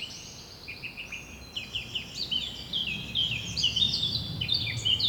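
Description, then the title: Bird chorus of rapid high chirps and short whistled notes, several birds calling together and growing busier toward the end, faint low rumble beneath. Birds ambience recorded at Rue du Rossignol, Seneffe, Belgium, with Sony PCM-D100 internal microphones. "Rue du Rossignol 7, 7180 Seneffe, Belgique - Birds ambience"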